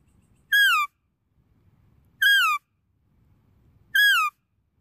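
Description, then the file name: Deer calling: three evenly spaced, falling whistled squeals, one roughly every two seconds, with quiet low noise in the gaps. "Tieng con nai keu"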